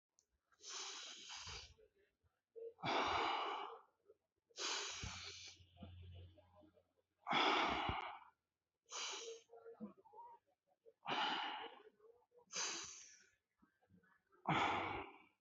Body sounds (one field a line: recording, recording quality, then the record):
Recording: deep breathing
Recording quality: excellent, no background noise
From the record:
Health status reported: healthy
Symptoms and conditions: hypertension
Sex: male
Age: 29 years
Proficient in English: yes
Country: India